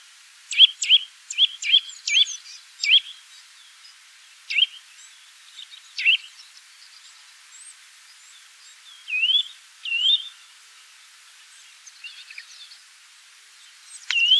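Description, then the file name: Eurasian nuthatch giving repeated short upslurred whistled calls, closely grouped at first, then more widely spaced. "Sitta europaea"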